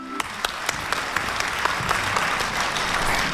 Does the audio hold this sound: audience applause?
yes